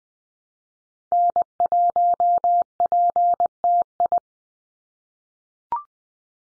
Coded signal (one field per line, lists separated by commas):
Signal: Morse code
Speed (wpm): 20 wpm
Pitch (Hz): 700 Hz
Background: none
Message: N1PTI